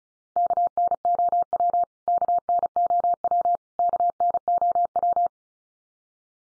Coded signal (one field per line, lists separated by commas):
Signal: Morse code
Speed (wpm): 34 wpm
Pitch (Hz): 700 Hz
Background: none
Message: KNOW KNOW KNOW